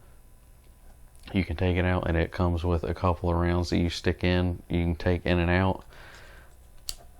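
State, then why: Seated. A magazine is taken out and pushed back into the magazine well of a 12-gauge shotgun built like an AK47, locking in place. Someone talks until about 5.7 s, followed by a quiet shuffling and a sharp click at 6.9 s as the magazine seats.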